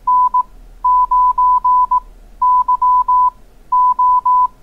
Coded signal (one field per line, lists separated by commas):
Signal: Morse code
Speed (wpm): 18 wpm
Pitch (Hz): 1000 Hz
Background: none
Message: N9YO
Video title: Learn CW Morse Code | How to Call CQ | Absolute Beginners